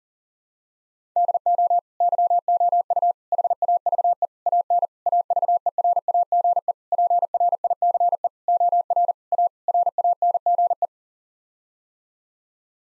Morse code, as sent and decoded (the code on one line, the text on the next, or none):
-.. --- / -.-- --- ..- / .... .- ...- . / .- -. / .- ...- . .-. .- --. . / .--. .-. .. -.-. . / --- .-. / .- / .-. .- -. --. .
DO YOU HAVE AN AVERAGE PRICE OR A RANGE